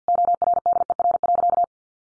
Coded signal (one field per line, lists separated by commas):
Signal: Morse code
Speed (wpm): 50 wpm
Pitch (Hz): 700 Hz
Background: none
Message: ORDER.